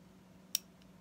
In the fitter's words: hear that those two clicks